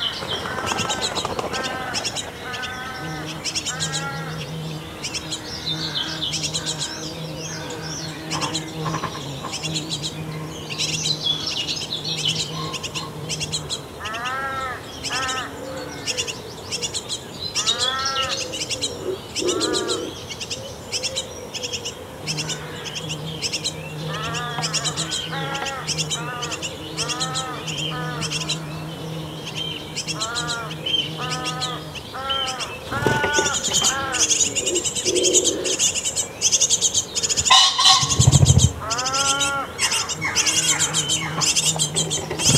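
Birds chirp busily around a nest box, with rapid repeated calls, a steady low hum through long stretches, and a brief low thump near the end.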